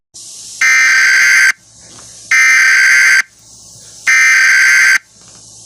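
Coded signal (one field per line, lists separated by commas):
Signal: Emergency Alert System (SAME) tones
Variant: header bursts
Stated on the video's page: Fictional Emergency Alert System scenario, not a real broadcast.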